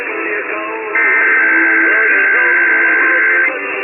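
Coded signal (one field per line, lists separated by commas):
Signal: Emergency Alert System (SAME) tones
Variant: header bursts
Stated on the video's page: IPAWS Central, Mountain and Pacific weekly tests and Sacramento monthly test recorded off air.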